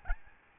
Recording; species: mosquito wingbeat signal from an infrared sensor; Aedes albopictus